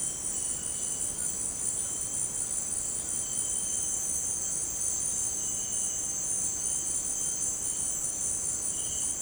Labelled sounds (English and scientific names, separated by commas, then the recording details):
none
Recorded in dense forest near Puerto Asís, Putumayo, Colombia, on 19 March 2025 at 17:30
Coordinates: 0.500, -76.322
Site GP06